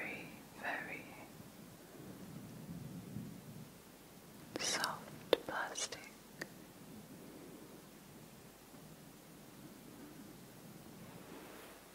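Soft face brushing fills the clip with a low, steady rustle. Brighter brush strokes sweep through near the start and again around four to six seconds, with a few sharp taps and clicks. Quiet hushed whispering sits underneath.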